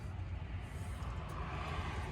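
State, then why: Not seated. A second plastic fuse box cover on a 2001–2007 Toyota Sequoia is lined up against the vehicle's fuse panel to be pressed closed. Only a steady, low rumbling background noise is heard, with no sharp sounds. Nothing has seated or clicked yet.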